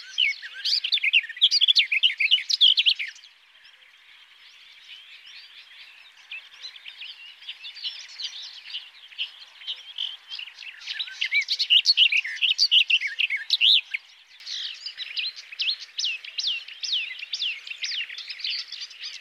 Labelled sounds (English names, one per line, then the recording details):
Garden Warbler song
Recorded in the wild
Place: Waltershofen / Freiburg im Breisgau, Baden-Württemberg, DE
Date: 2009-05-10
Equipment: MiniDisc Sharp MT 20 H
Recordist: Schwarz, Dieter